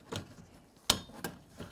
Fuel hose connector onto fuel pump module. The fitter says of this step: Press that in, we'll listen for a click, give it a light tug.